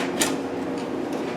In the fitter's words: until it snaps off